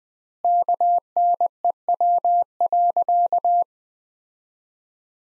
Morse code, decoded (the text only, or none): KNEW.